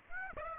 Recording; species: mosquito wingbeat signal from an infrared sensor; Aedes aegypti